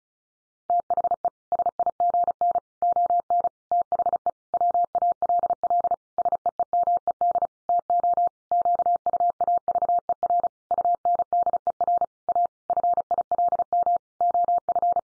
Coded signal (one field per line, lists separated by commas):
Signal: Morse code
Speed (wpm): 34 wpm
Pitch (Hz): 700 Hz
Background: none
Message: THE SIGN ON THE WALL SEEMED TO QUAVER UNDER A FILM OF